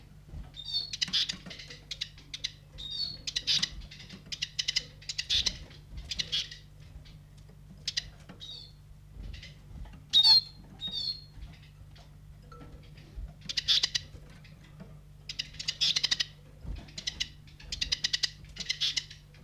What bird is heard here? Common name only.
Eurasian Siskin